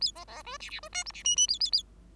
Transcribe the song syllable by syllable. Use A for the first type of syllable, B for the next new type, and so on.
A B B C D D C E F D G G A A A